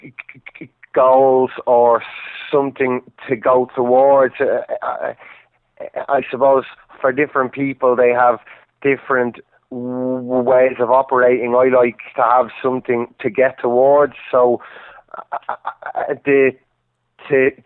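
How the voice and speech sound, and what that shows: Adult man who stutters, speaking with stretched sounds and long silent pauses mid-phrase, fitting the blocks and prolongations of stuttering.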